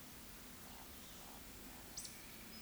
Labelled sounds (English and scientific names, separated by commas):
Eurasian Woodcock (Scolopax rusticola) whistle, Eurasian Woodcock (Scolopax rusticola) croak